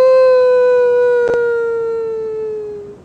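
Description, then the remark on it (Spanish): A person imitates a farewell howl with one long, steady voiced note that slowly sinks in pitch and fades over about three seconds, with a brief click partway through and no other voices. “Hay todo tipo de aullido.”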